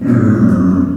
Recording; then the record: squeal of a Yucatan mini pig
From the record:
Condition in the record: after surgery on the right vocal fold (resection and tissue-engineered implant); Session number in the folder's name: 7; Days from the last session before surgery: 47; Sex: female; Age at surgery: 19 weeks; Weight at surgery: 25 kg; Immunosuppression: prednisolone